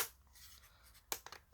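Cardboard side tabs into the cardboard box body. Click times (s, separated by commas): 1.1 s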